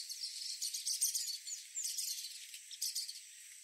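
Bird song of quick high twittering notes and short sweeping chirps in a jumbled stream, with a faint constant high hum behind.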